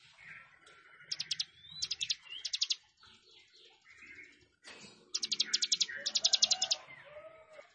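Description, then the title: Plain prinia delivers short bursts of high ticking notes amid a busy background of other birds' chirps and whistles. "Ciblek Sawah"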